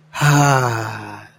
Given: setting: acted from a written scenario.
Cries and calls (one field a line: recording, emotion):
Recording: vocal sound without words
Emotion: serenity